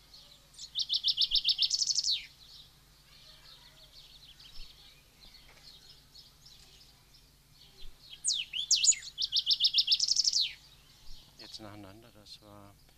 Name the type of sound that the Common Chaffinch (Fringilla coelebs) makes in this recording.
song